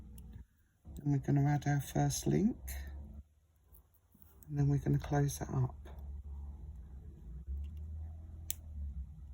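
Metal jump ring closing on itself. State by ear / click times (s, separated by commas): seated / 8.5 s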